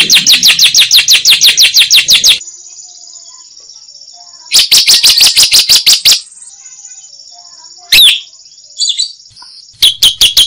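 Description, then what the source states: Lovebird song in bursts: rapid high chirp series separated by quieter stretches with a faint high hum and a few single squeaky notes. Used as masteran, training material for other songbirds.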